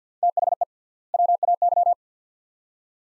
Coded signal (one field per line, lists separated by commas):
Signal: Morse code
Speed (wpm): 50 wpm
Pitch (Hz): 700 Hz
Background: none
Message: THE WAY